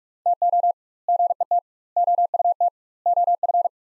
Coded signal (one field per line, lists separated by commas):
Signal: Morse code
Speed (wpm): 41 wpm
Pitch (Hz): 700 Hz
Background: none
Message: TO GET OUT OF